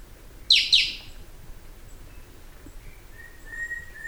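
A bird gives one loud pair of downward-sweeping notes, followed by faint, thin, drawn-out whistles.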